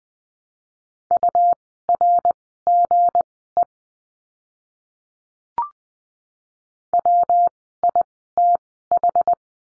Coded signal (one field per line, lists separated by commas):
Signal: Morse code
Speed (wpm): 20 wpm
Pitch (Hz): 700 Hz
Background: none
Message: URGE WITH